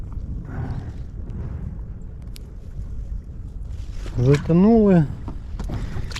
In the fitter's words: Повинен бути такий характерний клац при затягуванні. Ось він є.